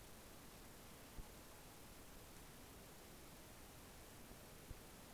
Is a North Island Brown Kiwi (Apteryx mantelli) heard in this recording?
no